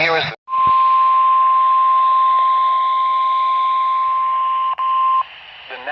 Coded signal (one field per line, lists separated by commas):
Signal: Emergency Alert System (SAME) tones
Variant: 1050 Hz attention tone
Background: speech